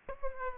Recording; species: mosquito wingbeat signal from an infrared sensor; Aedes aegypti